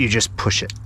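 A water hose end is being pushed back into the push-fit quick-connect fitting on a Xero Pure Revolution Max+ water purification unit while someone talks. A steady low hum runs underneath. Nothing has seated or clicked yet.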